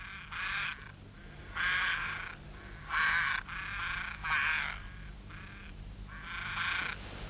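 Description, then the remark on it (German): Ravens give a run of about six harsh, raspy croaks with short gaps between them, fairly loud over a low, steady background hum. “Ich glaube, die Raben hören uns doch.”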